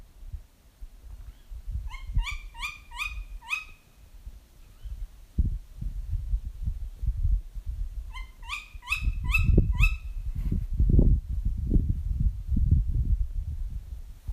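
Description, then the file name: Bird calls: two bursts of four or five sharp, ringing notes in quick succession, over loud low rumbling noise. "fugl"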